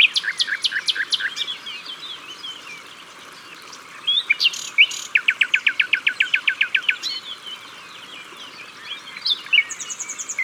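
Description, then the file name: Common nightingale song: a few sharp repeated notes, a pause, then a long, rapid, rhythmic series of strokes, ending with a thin high trill. Recorded at the water's edge. "Rossignol philomele Au bord de leau"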